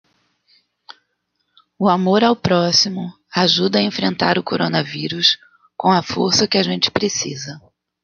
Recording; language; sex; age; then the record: spoken sentence; Brazilian Portuguese; female; 40 to 49 years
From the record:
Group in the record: control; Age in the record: 47 years